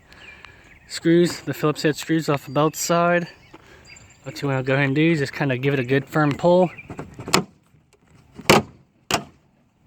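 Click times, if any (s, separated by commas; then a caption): 7.3 s, 8.5 s. Someone talks, then gives the plastic rear bumper cover of a Lincoln MKZ/Zephyr a firm pull after its Phillips head screws are removed. Its clips pop out of the side bracket with loud pops at 7.3 and 8.5 seconds, showing the cover is coming off its bracket and is released.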